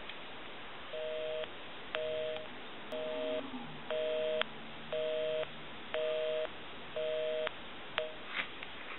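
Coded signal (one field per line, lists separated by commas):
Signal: telephone call progress tone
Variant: North America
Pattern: busy tone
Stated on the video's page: Call progress tone from an Ericofon and two Western Electric 2554 telephones during checkout and repair.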